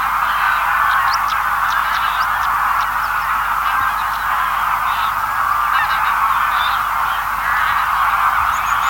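Greylag goose: greylag geese keep up a steady, busy chorus of honks and chatter, with short higher clicks and calls mixed in.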